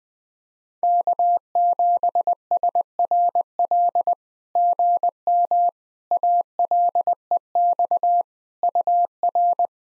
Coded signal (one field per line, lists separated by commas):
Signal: Morse code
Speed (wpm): 20 wpm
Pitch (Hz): 700 Hz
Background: none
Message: K7SRL GM ALEX UR